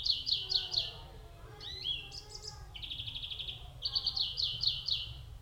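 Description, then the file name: European greenfinch gives rapid rolling trills with a pair of upward-sliding wheezy notes in the middle, then another burst of quick repeated notes. "Chloris chloris"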